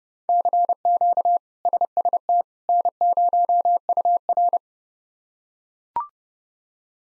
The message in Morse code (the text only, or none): CQ SST N0UR